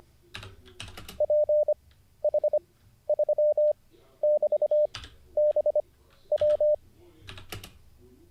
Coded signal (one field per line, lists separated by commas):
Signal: Morse code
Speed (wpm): 25 wpm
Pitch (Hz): 600 Hz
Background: none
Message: PH3<BT>BW